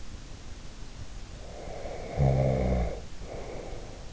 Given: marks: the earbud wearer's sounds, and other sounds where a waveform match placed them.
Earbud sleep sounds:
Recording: sounds in sleep by an in-ear microphone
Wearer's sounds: snoring breath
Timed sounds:
1.35-3.99 s: snoring breath

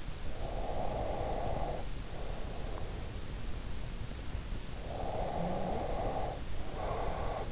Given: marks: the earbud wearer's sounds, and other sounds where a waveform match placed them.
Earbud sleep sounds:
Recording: sounds in sleep by an in-ear microphone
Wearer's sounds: breath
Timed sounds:
0.32-2.99 s: breath
4.86-7.52 s: breath

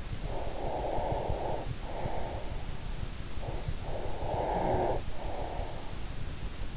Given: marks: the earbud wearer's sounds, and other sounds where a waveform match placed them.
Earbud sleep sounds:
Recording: sounds in sleep by an in-ear microphone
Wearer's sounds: breath, snoring breath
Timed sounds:
0.20-2.62 s: breath
3.30-6.05 s: snoring breath

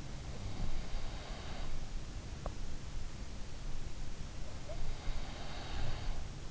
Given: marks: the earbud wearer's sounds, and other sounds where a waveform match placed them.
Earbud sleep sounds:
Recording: sounds in sleep by an in-ear microphone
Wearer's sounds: breath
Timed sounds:
0.00-2.31 s: breath
4.29-6.47 s: breath

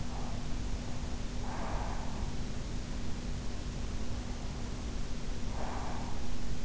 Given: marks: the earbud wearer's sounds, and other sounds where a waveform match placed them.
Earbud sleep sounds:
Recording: sounds in sleep by an in-ear microphone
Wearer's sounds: breath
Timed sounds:
1.35-2.55 s: breath
5.48-6.48 s: breath

